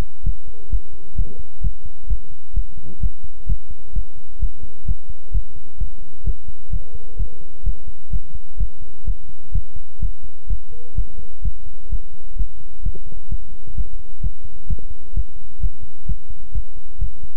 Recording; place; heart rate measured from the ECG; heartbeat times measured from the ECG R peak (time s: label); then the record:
heart sounds by stethoscope; between the tricuspid and mitral areas; 129 bpm
0.23 s: heartbeat
0.69 s: heartbeat
1.15 s: heartbeat
1.61 s: heartbeat
2.07 s: heartbeat
2.53 s: heartbeat
3.00 s: heartbeat
3.46 s: heartbeat
3.93 s: heartbeat
4.39 s: heartbeat
4.85 s: heartbeat
5.32 s: heartbeat
5.78 s: heartbeat
6.24 s: heartbeat
6.70 s: heartbeat
7.17 s: heartbeat
7.63 s: heartbeat
8.10 s: heartbeat
8.57 s: heartbeat
9.05 s: heartbeat
9.52 s: heartbeat
9.99 s: heartbeat
10.47 s: heartbeat
10.95 s: heartbeat
11.42 s: heartbeat
11.89 s: heartbeat
12.36 s: heartbeat
12.82 s: heartbeat
13.28 s: heartbeat
13.75 s: heartbeat
14.21 s: heartbeat
14.67 s: heartbeat
15.13 s: heartbeat
15.59 s: heartbeat
16.06 s: heartbeat
16.52 s: heartbeat
16.98 s: heartbeat
From the record:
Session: pedaling a stationary bicycle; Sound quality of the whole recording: good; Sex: male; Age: 24 years